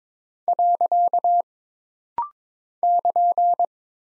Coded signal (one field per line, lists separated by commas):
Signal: Morse code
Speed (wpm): 22 wpm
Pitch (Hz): 700 Hz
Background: none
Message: . <KN>